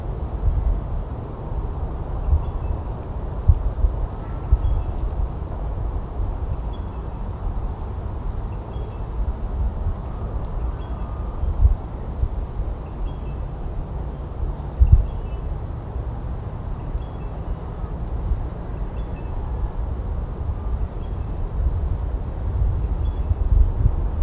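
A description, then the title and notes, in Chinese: Early morning in a botanic garden, dominated by a steady, deep rumble like traffic or wind moving across the microphone. Faint, high bird chirps come through sparsely, and a few soft thumps stand out around the middle. 清晨 的堪培拉国家植物园。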